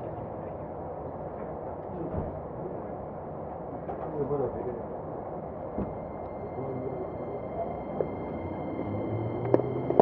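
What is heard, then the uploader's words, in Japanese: A Keikyu 2100 series train on the run between Yokohama and Misakiguchi gives a steady, dense, muffled low rumble with little brightness. From about six seconds a faint high whine enters and holds, and a few sharp clicks sound near the end. 京急2100形 横浜〜三崎口。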